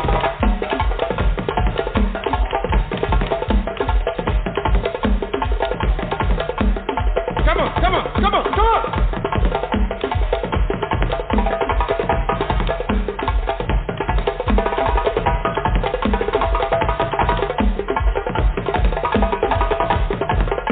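Drumming plays in a steady, fast, dense pattern with regular low thumps, busy rattling strokes above, and a brighter flourish around seven seconds.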